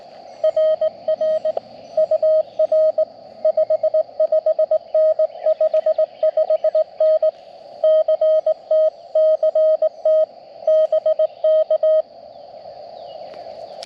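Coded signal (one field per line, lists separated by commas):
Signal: Morse code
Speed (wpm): 18 wpm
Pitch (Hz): 630 Hz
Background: radio noise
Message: RR UR 55N 55N CT CT BK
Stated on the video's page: QRP CW from a Parks on the Air activation on 30 meters with a nearly constant pileup, using a TX-500 or Elecraft KX2.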